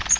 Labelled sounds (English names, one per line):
Magnolia Warbler flight call